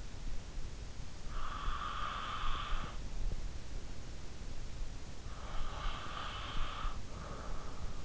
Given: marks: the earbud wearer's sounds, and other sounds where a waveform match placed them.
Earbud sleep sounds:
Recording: sounds in sleep by an in-ear microphone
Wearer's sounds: breath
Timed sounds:
0.74-3.54 s: breath
5.14-8.05 s: breath

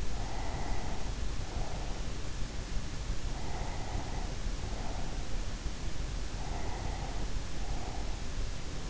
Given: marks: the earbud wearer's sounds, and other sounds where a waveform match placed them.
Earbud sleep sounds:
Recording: sounds in sleep by an in-ear microphone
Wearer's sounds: breath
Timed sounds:
0.00-2.40 s: breath
3.45-5.48 s: breath
6.26-8.54 s: breath

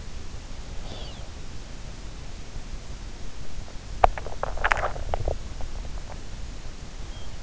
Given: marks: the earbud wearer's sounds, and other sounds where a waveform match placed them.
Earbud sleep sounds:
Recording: sounds in sleep by an in-ear microphone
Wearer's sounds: swallowing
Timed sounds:
3.75-5.52 s: swallowing

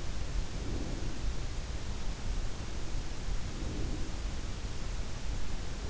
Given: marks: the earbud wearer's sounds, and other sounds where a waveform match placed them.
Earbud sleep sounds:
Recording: sounds in sleep by an in-ear microphone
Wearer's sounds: breath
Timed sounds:
0.31-1.35 s: breath
3.13-4.50 s: breath

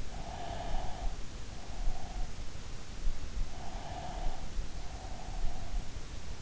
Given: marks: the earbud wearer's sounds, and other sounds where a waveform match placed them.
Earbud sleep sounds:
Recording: sounds in sleep by an in-ear microphone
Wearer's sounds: breath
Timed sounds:
0.17-2.37 s: breath
3.65-5.98 s: breath

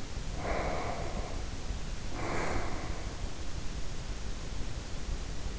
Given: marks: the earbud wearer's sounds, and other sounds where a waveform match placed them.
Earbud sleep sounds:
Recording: sounds in sleep by an in-ear microphone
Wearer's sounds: breath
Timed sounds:
0.34-3.55 s: breath

